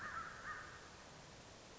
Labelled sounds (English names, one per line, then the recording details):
American Crow
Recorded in Sonoma County, California